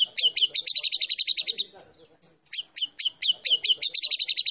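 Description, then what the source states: White-rumped shama song: rapid strings of sharp, high chattering notes, a short pause, then the fast repeated chatter resumes. Recording used as masteran, training song for songbirds; described as a champion bird.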